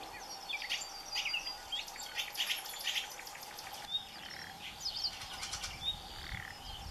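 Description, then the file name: Common nightingale singing buzzy, rattling trills and brief whistles in quick succession, fairly soft against a steady hum and background noise. "Nachtigall mit Gesang - Nightingale singing"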